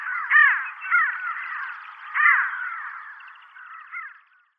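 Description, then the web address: Pin-tailed sandgrouse calls, a few harsh, nasal, arched notes in short bursts, strongest near the start and middle, fading away at the end. "Schulze Peter Pin-tailed Sandgrouse"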